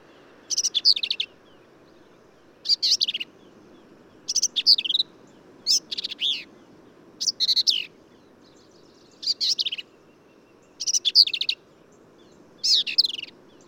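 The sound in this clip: Black-capped vireo song of short scratchy warbled phrases, repeated every couple of seconds, above a faint low hum.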